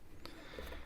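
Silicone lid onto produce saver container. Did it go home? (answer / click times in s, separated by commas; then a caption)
yes / 0.2 s. A silicone lid is slid over a stretched reusable avocado and tomato holder to seal it. A single sharp click sounds at 0.2 s (within about 0.1 s). The lid clicks shut and seals the container.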